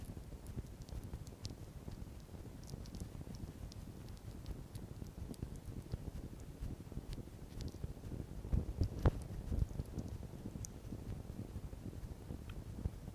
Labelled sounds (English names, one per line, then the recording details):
Red Fox
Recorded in captivity
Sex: female
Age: juvenile
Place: Zoologisches Institut der HUB, Berlin, DE
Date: 1956-04-05 13:45
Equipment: Elmetra
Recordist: Tembrock, Günter
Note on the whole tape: Zenzi-Welpen: Wispern-Quärren (Weibchen 2), Schmatzen (Leerlauf), Saugen